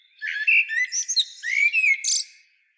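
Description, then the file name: Common blackbird song phrase: sliding whistled notes mixed with squeaky high twittering, ending with a short burst of scratchy notes. "Turdus merula"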